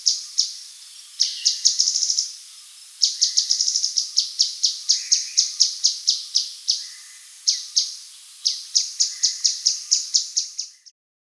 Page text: Grey-Headed Canary-Flycatcher Call. Quick Sounds